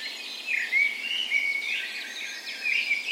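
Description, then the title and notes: Birds in a dawn chorus, several high warbling songs overlapping, with thin whistled notes threading through the mix. Spring dawn chorus recorded in a park west in Bergen, Norway, on the morning of 17 May, Norway's National Day; Sony PCM A10 recorder with LOM Usi microphones. "17th Of May Dawn Chorus. Recorded on the morning of Norways National Day the 17th of May in a park west in Bergen. Spring is in full effect, and the dawn chorus sounds wonderful!"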